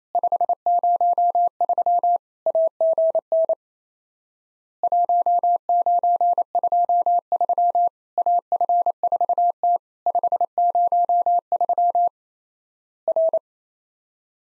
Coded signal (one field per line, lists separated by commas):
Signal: Morse code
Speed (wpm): 28 wpm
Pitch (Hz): 700 Hz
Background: none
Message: 503 AGN 1923 AF4T 503 R